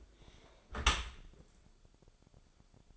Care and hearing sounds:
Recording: daily activity, microphone in the room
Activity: close dishwasher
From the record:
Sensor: 5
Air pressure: 1000.6 hPa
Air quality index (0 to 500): 147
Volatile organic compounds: 2 ppm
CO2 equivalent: 1133 ppm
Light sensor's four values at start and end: 41/94/40/44 and 41/92/40/43

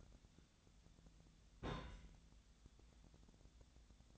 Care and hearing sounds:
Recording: daily activity, microphone in the room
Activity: place on stove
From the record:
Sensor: 3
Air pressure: 1010.0 hPa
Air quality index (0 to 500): 186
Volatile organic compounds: 13 ppm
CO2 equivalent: 2421 ppm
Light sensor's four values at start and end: 43/106/46/49 and 43/106/46/49

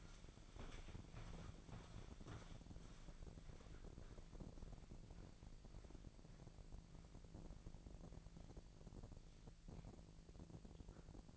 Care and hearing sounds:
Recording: daily activity, microphone in the room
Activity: walk to room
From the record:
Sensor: 5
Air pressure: 1012.4 hPa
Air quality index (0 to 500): 239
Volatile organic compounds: 4 ppm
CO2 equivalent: 1589 ppm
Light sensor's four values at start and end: 53/122/51/54 and 59/138/57/61

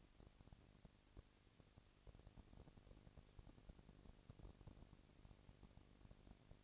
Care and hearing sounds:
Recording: daily activity, microphone in the room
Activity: no activity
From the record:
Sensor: 4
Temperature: 22.4 degrees Celsius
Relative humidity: 31.9%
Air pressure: 997.9 hPa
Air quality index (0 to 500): 203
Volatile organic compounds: 17 ppm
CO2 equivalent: 2572 ppm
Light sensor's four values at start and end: 2/3/1/1 and 2/3/1/1

